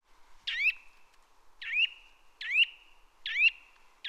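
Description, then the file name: Eurasian nuthatch giving clear upslurred whistled calls, each trailing into a brief steady tone, five calls spaced about a second apart above faint background hum. "Sitta europaea"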